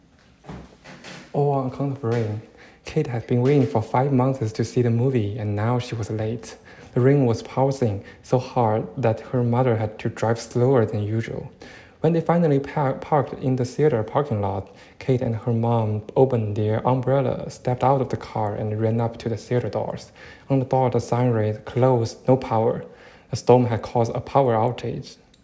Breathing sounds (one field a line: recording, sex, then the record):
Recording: reading aloud after running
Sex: male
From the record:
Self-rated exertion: very light exertion (1 of 6)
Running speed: 6 miles an hour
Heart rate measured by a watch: 112 beats a minute at the start, 104 at the end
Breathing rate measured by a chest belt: 12 breaths a minute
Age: 24 years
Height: 185 cm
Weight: 79 kg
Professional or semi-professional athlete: no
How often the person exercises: 1 to 2 times a week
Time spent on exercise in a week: 2 to 3 hours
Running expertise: no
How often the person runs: 1 to 2 times a week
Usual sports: running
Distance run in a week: 20 km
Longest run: 10 km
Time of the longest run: 50 minutes